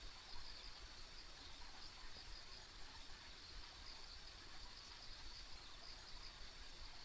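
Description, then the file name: High insect trilling runs continuously over a low background rumble. Ambient insect sounds on a country road. "田舎道の虫の環境音"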